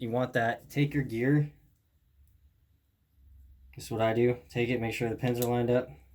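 A differential gear is lined up with its pins and handled near the plastic differential housing of an Arrma Infraction/Limitless RC car while someone talks, with a quiet pause in the middle. The clip ends before the gear goes in, so nothing has seated or clicked yet.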